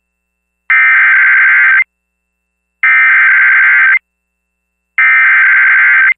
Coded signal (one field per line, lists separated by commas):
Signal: Emergency Alert System (SAME) tones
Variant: header bursts